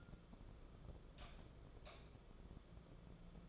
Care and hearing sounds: daily activity, microphone in the room; light off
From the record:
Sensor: 5

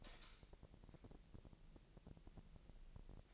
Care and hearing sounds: daily activity, microphone in the room; light on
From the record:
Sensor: 5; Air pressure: 1002.0 hPa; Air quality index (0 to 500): 229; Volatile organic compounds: 32 ppm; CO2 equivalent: 2992 ppm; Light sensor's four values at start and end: 16/37/15/16 and 16/38/16/17

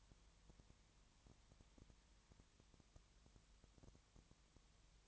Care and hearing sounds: daily activity, microphone in the room; no activity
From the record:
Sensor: 3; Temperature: 20.6 degrees Celsius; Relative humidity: 34.7%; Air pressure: 1007.2 hPa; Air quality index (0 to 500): 136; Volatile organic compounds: 3 ppm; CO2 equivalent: 1519 ppm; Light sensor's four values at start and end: 2/3/2/2 and 2/3/2/2

